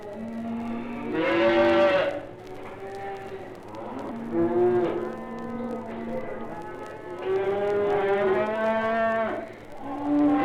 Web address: cattle lowing